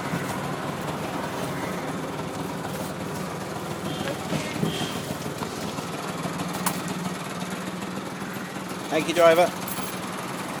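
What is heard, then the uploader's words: A rickshaw ride with a steady low engine drone and road rumble, faint voices, and a brief louder rattle or chirp near nine seconds. Rickshaw Ride at Pali Hill by Dave Haynes.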